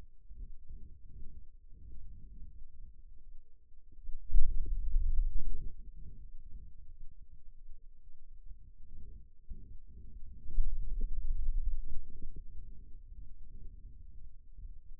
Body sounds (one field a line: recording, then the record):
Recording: forearm muscle sounds (acoustic myography)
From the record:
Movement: finger pinch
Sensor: system 2, bracelet of six BSWA MPA416 microphones around the upper forearm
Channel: 1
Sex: male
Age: 22 years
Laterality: right